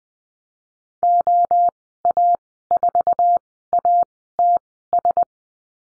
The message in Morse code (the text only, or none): OA4ATS